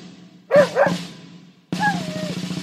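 Dog barking twice in quick succession, short harsh barks, followed by a drawn-out whining note that wavers downward.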